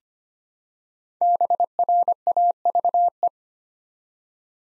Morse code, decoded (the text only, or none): BRAVE